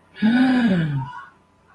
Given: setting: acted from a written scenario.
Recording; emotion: vocal sound without words; awe